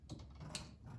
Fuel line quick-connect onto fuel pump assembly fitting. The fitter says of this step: you should hear a snap when you do this